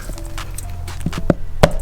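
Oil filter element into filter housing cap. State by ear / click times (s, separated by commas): seated / 1.6 s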